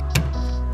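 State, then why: Seated. During a purge valve solenoid replacement (PO496) on a 2008–2012 Chevy Malibu, the upper evap hose quick-connector is pushed onto the purge valve solenoid. A single sharp click is heard at 0.2 s over a steady low background hum, and the connector is seated.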